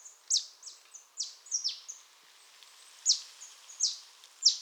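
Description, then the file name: Marsh tit calls: sharp, high, downward-sweeping notes given singly or in quick pairs, irregularly spaced over a few seconds, with faint background hiss. "Poecile palustris"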